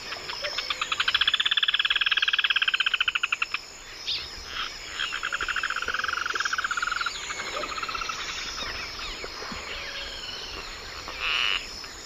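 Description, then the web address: White-bellied spinetail singing a fast, dry rattling trill lasting several seconds, followed by softer trilled phrases, with a continuous high-pitched insect hum behind. Recorded in the eastern lowlands of South America; includes both call and song. "Natures Songs S America Eastern Lowlands. Synallaxis propinqua, call and song"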